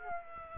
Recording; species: mosquito wingbeat signal from an infrared sensor; Aedes aegypti